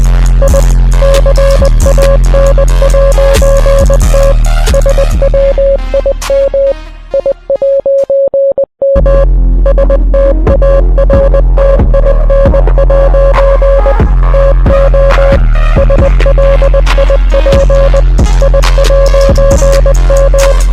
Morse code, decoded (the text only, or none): I CAN'T SWIM I'M STARTIN' TO SLIP I'M